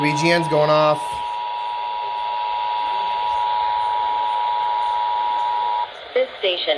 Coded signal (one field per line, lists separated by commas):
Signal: Emergency Alert System (SAME) tones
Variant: 853 and 960 Hz attention tone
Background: speech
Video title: WELCOME TO 2022 - EAS Tests from 01/04/2022-01/05/2022 (EAS #385-388)